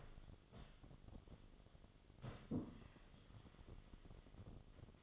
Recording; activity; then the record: daily activity, microphone in the room; sit down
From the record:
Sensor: 4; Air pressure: 1005.9 hPa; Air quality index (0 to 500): 91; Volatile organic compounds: 2 ppm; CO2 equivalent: 1124 ppm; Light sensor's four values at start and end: 12/28/11/10 and 12/28/11/10